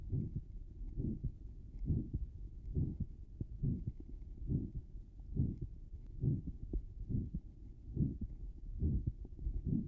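Adult heart heard through a stethoscope: a heart murmur over a regular beat at about 69 per minute, with low-pitched sound concentrated below 200 Hz.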